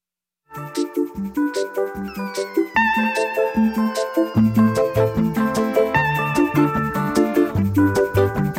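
An upbeat pop song intro plays with no vocals: a steady, bouncy rhythmic pulse under bright melodic lines, with a deeper bass line joining about halfway through and filling out the sound.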